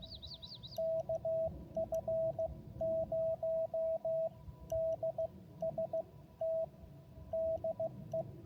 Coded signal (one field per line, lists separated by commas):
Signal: Morse code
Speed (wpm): 16 wpm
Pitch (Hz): 650 Hz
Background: radio noise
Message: KF0DST DE